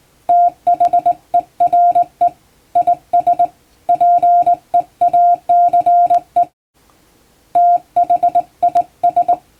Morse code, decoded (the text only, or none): THERE IS PEACE THIS